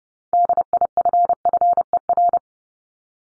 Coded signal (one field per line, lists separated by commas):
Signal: Morse code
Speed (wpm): 30 wpm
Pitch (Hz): 700 Hz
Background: none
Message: DIFFER